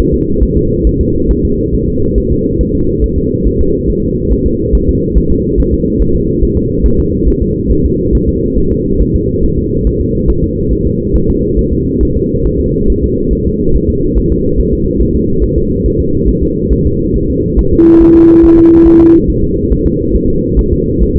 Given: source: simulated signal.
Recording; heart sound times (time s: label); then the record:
fetal heart sounds
0.14 s: S2
0.43 s: S1
0.57 s: S2
0.87 s: S1
1.01 s: S2
1.31 s: S1
1.45 s: S2
1.75 s: S1
1.89 s: S2
2.18 s: S1
2.32 s: S2
2.61 s: S1
2.75 s: S2
3.04 s: S1
3.18 s: S2
3.47 s: S1
3.61 s: S2
3.90 s: S1
4.04 s: S2
4.32 s: S1
4.47 s: S2
4.75 s: S1
4.89 s: S2
5.18 s: S1
5.32 s: S2
5.60 s: S1
5.74 s: S2
6.02 s: S1
6.16 s: S2
6.43 s: S1
6.57 s: S2
6.86 s: S1
7.00 s: S2
7.28 s: S1
7.42 s: S2
7.72 s: S1
7.85 s: S2
8.15 s: S1
8.29 s: S2
8.58 s: S1
8.72 s: S2
9.02 s: S1
9.16 s: S2
9.44 s: S1
9.59 s: S2
9.87 s: S1
10.01 s: S2
10.30 s: S1
10.44 s: S2
10.73 s: S1
10.87 s: S2
11.16 s: S1
11.30 s: S2
11.59 s: S1
11.73 s: S2
12.03 s: S1
12.17 s: S2
12.47 s: S1
12.61 s: S2
12.90 s: S1
13.04 s: S2
13.33 s: S1
13.47 s: S2
13.76 s: S1
13.90 s: S2
14.18 s: S1
14.32 s: S2
14.59 s: S1
14.74 s: S2
15.02 s: S1
15.16 s: S2
15.44 s: S1
15.58 s: S2
15.86 s: S1
16.00 s: S2
16.29 s: S1
16.43 s: S2
16.72 s: S1
16.87 s: S2
17.16 s: S1
17.30 s: S2
17.59 s: S1
17.73 s: S2
18.02 s: S1
18.16 s: S2
18.45 s: S1
18.59 s: S2
18.87 s: S1
19.01 s: S2
19.30 s: S1
19.44 s: S2
19.72 s: S1
19.87 s: S2
20.16 s: S1
20.30 s: S2
20.59 s: S1
20.73 s: S2
21.03 s: S1
21.17 s: S2
From the record:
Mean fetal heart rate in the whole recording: 140 bpm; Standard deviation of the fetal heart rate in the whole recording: 2 bpm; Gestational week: 34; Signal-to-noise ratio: -15.3 dB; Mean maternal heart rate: 72 bpm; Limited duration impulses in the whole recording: present